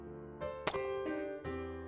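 Sustained musical, whistling breath tones shifting pitch across breaths; an asthmatic wheeze from narrowed airways in an adult woman.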